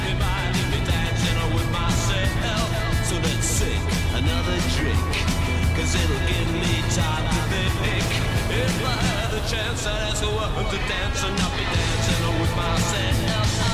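A car drives with a steady low engine rumble, while radio voices crackle and chatter throughout, thick and unbroken over the full length.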